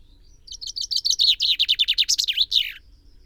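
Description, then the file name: Common chaffinch singing one full phrase, a rapid series of crisp chipping notes falling slightly in pitch, ending in a short, emphatic terminal flourish. "Fringilla coelebs"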